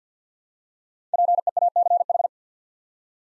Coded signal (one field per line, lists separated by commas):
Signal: Morse code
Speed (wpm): 50 wpm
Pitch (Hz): 700 Hz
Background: none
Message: PEACH